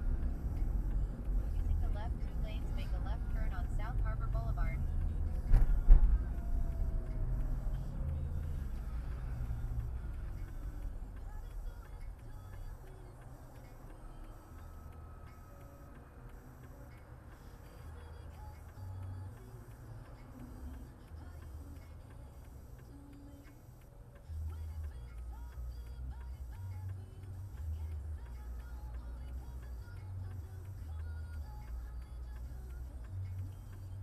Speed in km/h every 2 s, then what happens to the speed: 31, 29, 26, 24, 18, 10, 3, 0, 0, 0, 0, 0, 0, 0, 0, 0, 0.
0-13 slows to 0. 13-34 standing.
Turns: none.